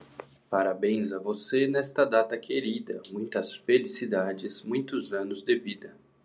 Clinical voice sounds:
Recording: short text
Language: Brazilian Portuguese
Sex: male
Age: 30 to 39 years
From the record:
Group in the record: control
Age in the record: 33 years

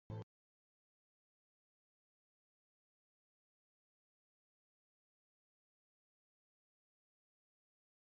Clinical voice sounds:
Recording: spoken sentence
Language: Brazilian Portuguese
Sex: male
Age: 20 to 29 years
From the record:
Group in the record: control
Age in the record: 27 years

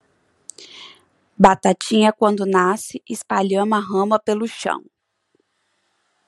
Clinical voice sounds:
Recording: short text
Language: Brazilian Portuguese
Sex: female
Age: 30 to 39 years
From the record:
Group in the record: control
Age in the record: 32 years

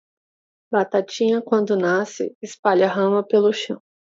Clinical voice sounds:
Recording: short text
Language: Brazilian Portuguese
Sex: female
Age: 30 to 39 years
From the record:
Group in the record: control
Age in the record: 33 years

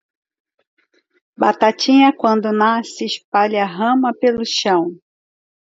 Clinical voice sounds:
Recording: short text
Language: Brazilian Portuguese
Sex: female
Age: 50 to 59 years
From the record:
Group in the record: control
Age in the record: 57 years

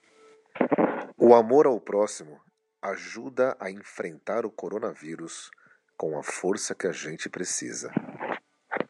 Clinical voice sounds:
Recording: spoken sentence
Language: Brazilian Portuguese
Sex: male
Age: 40 to 49 years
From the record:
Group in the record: control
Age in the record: 49 years

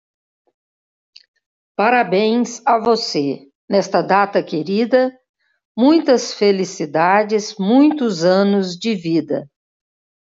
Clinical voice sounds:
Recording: short text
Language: Brazilian Portuguese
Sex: female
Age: 50 to 59 years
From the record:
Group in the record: control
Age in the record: 54 years

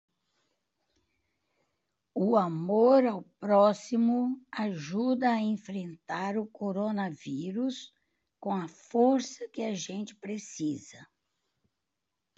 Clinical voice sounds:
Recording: spoken sentence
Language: Brazilian Portuguese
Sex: female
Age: 70 to 79 years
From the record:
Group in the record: control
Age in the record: 74 years

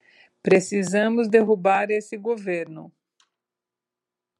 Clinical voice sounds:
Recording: short text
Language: Brazilian Portuguese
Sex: female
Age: 60 to 69 years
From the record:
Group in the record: control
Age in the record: 60 years

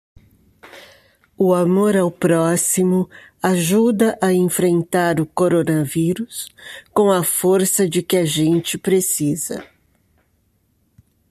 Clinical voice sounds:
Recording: spoken sentence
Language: Brazilian Portuguese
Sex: female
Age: 60 to 69 years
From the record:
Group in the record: control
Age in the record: 67 years

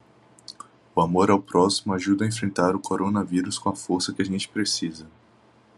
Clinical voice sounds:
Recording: spoken sentence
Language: Brazilian Portuguese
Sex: male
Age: 20 to 29 years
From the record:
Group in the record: control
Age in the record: 21 years

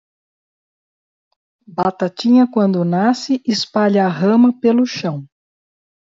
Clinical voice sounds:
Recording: short text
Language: Brazilian Portuguese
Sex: female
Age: 50 to 59 years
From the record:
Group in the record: control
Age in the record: 56 years

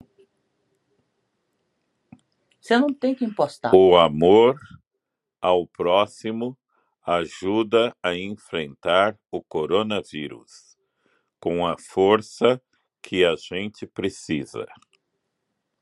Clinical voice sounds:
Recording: spoken sentence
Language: Brazilian Portuguese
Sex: male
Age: 50 to 59 years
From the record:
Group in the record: control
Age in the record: 57 years

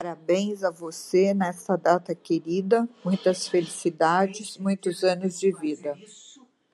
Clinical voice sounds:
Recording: short text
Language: Brazilian Portuguese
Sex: female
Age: 50 to 59 years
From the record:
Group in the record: control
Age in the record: 59 years

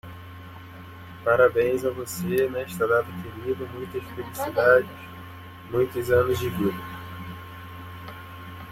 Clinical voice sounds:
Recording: short text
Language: Brazilian Portuguese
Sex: male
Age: 20 to 29 years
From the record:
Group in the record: control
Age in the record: 24 years

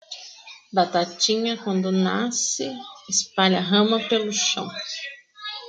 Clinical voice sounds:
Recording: short text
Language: Brazilian Portuguese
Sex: female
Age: 30 to 39 years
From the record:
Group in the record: control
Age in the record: 35 years

